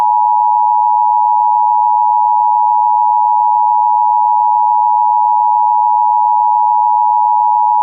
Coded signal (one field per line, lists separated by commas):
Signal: Emergency Alert System (SAME) tones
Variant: 853 and 960 Hz attention tone